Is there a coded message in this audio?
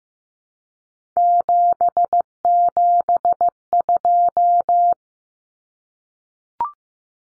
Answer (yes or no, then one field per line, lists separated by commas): yes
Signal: Morse code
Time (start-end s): 1.2-4.9 s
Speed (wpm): 15 wpm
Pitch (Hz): 700 Hz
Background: none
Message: 772